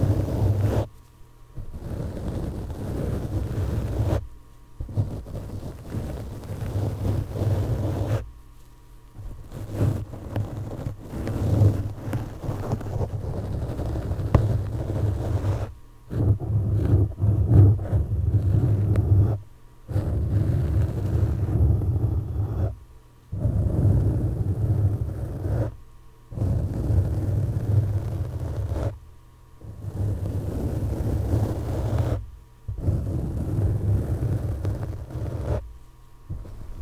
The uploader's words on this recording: ASMR Mic Scratching With Gloves.